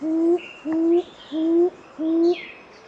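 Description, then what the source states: Gray-fronted quail-dove song: four low, hollow hooting notes, each slightly rising and about a third of a second long, evenly spaced; faint higher bird calls behind. Song recorded at Soplillar, Cuba, in April 2015.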